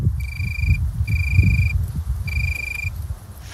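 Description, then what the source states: Italian tree cricket song, three pure ringing bursts about half a second long with short gaps, over a loud low rumbling background. Very quiet, lovely sound reminiscent of southern regions such as Italy and Tuscany, believed to explain its German name Weinhähnchen.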